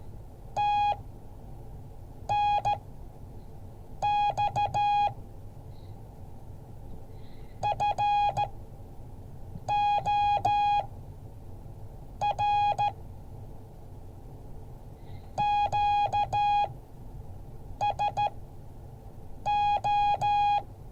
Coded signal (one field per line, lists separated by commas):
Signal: Morse code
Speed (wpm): 15 wpm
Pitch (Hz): 830 Hz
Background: music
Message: TNX FOR QSO